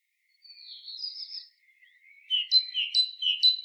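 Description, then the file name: Great tit call: a soft buzzy note and a faint rising phrase, then a quick series of sharp two-part notes. "Parus major"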